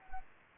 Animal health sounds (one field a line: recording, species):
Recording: mosquito wingbeat signal from an infrared sensor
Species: Anopheles arabiensis